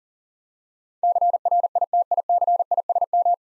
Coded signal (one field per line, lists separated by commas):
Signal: Morse code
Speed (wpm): 40 wpm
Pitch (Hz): 700 Hz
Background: none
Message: CRITICISM